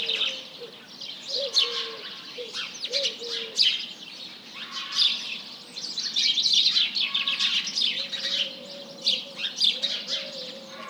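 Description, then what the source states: House Sparrows chirping in bursts, with pigeons giving a few short coos and later longer drawn-out ones. Large flock calling in the morning at 07:30 on 1 March 2007, with various pigeons.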